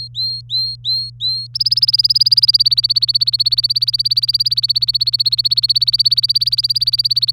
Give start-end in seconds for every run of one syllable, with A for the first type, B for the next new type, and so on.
0.00-1.47 A, 1.54-7.33 B